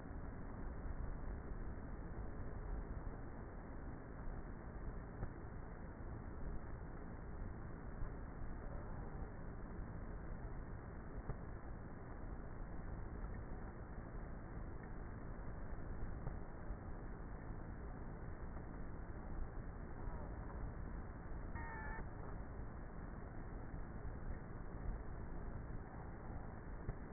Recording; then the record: honeybee colony, microphone inside the hive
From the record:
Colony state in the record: queenless with a low population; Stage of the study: before two queens were removed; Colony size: about 30,000 bees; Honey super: no